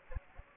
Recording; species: mosquito wingbeat signal from an infrared sensor; Aedes aegypti